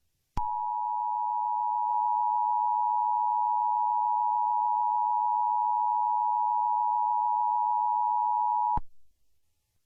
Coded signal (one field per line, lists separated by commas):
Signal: Emergency Alert System (SAME) tones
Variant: 853 and 960 Hz attention tone